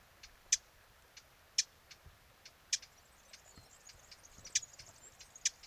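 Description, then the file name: Eurasian blackcap making sharp tack calls about once a second, with several softer clicks between, over a quiet hissy background. "Sylvia atricapilla"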